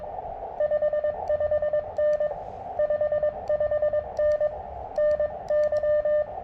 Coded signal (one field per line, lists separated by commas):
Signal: Morse code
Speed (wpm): 20 wpm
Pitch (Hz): 590 Hz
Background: radio noise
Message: 55N 55N NY